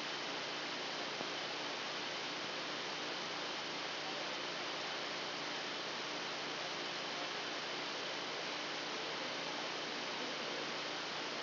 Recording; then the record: brain microelectrode recording played as sound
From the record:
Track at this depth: outside the subthalamic nucleus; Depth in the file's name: 0.714 mm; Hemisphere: left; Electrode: 2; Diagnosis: Parkinson's disease